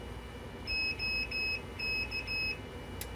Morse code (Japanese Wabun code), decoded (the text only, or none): none